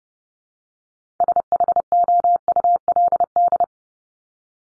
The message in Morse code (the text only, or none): SHOULD